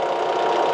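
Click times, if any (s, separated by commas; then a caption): none. A tractor's metal sprayer booms are folded from the cab into their transport cradle clips, and they fail to lock because the sprayer is not sitting straight. Only a steady engine drone is heard throughout. Nothing has seated or clicked yet.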